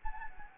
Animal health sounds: mosquito wingbeat signal from an infrared sensor; Anopheles gambiae

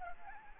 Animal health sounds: mosquito wingbeat signal from an infrared sensor; Anopheles arabiensis

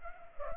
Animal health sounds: mosquito wingbeat signal from an infrared sensor; Culex pipiens

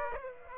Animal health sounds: mosquito wingbeat signal from an infrared sensor; Aedes aegypti

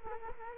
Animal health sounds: mosquito wingbeat signal from an infrared sensor; Culex quinquefasciatus

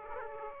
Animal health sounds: mosquito wingbeat signal from an infrared sensor; Aedes aegypti

